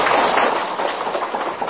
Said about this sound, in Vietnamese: Tu để luyện thành tính chất cứng như kim cang, cho chàng pháo tay.